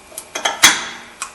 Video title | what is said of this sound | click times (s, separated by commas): 2014 Audi A4 Front Brakes | and you'll hear it snap right in | 0.6 s